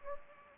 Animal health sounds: mosquito wingbeat signal from an infrared sensor; Anopheles gambiae

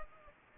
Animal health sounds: mosquito wingbeat signal from an infrared sensor; Culex pipiens

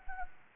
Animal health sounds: mosquito wingbeat signal from an infrared sensor; Anopheles gambiae

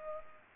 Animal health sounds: mosquito wingbeat signal from an infrared sensor; Culex pipiens

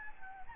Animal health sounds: mosquito wingbeat signal from an infrared sensor; Anopheles gambiae

